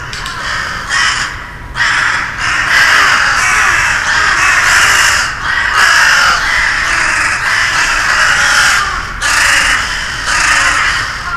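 Crow calling with raspy caws, several in a row separated by short breaks, the harsh notes fairly even in loudness.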